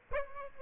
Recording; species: mosquito wingbeat signal from an infrared sensor; Aedes aegypti